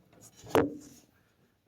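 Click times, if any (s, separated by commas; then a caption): 0.6 s. A flat metal OEM clutch component on a 1990s Honda or Acura slides up into its slot in the clutch pedal assembly while the clutch pedal is pushed in slightly. A faint sliding rub builds up before one sharp, short metallic hit at 0.6 s, which then fades out. The part is seated and locked in place.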